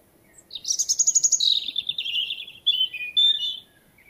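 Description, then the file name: European robin song phrase: a rapid, repeated high note slides down into a cascade of descending warbles, ending in short, clear whistles. "Erithacus rubecula"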